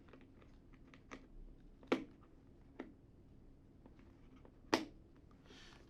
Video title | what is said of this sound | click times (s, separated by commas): Replace the helmet padding - Nova 3 - RPB Safety | And once you hear those clicks, it's then secured onto the side pad frame. | 1.9 s, 4.7 s